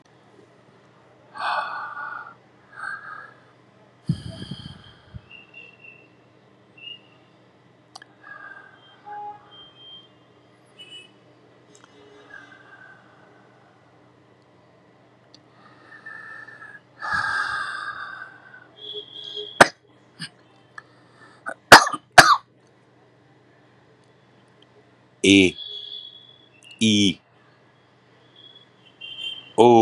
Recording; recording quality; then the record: shallow breathing; moderate, slight background noise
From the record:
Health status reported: COVID-19 positive, mild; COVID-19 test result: positive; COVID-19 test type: RT-PCR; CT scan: not taken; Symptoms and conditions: cough, sore throat, hypertension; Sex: male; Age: 61 years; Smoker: no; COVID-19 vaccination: both doses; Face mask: not worn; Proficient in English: yes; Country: India